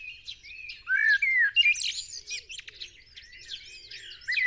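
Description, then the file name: Common blackbird song, a clear whistled phrase followed by twittering, set in a crowded chorus of high chirps and faint low notes. "Turdus merula"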